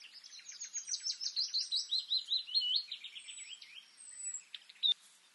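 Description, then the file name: Common nightingale song, soft and varied: chattering and buzzy trills with twisting whistled notes, thin high whistles drawn out above, a sharp note near the end. "Luscinia megarhynchos"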